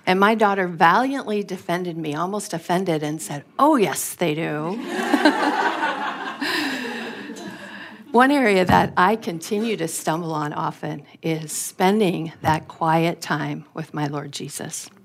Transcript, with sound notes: And my daughter valiantly defended me—almost offended—and said, “Oh, yes, they do!” (laughter) One area that I continue to stumble on often is spending that quiet time with my Lord Jesus.